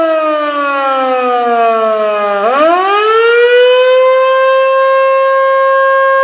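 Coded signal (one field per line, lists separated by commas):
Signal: siren signal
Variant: Federal Signal Model 2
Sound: loud mechanical siren wail dips in pitch, then rises and holds steady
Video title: Federal Signal Model 2: Pager/Siren Test, Attack, Gordon Heights, NY 1/26/2019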